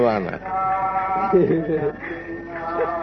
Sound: laughs

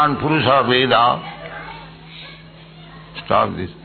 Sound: people continue talking

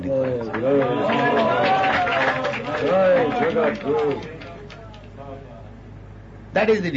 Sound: applause

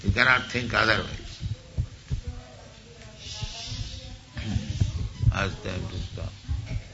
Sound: people talking in background

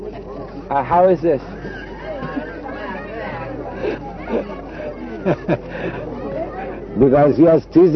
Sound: laughing

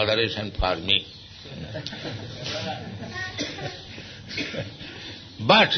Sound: laughs

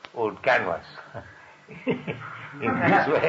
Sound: laughter

